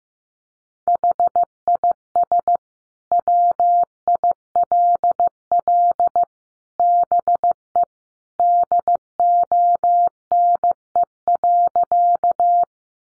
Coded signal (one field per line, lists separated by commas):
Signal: Morse code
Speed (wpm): 15 wpm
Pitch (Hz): 700 Hz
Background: none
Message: HIS WILL BE DONE.